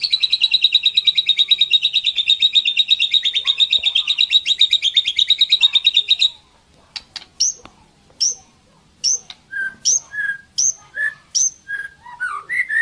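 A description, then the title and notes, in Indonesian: A white-rumped shama sings a fast, dense high trill for six seconds, then switches to spaced, bright whistled phrases repeating about every second. Masteran Murai Batu. Suara burung.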